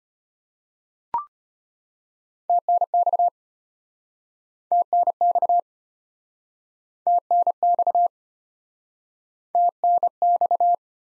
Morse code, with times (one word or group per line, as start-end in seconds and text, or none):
2.5-3.3 TNX
4.7-5.6 TNX
7.1-8.1 TNX
9.6-10.7 TNX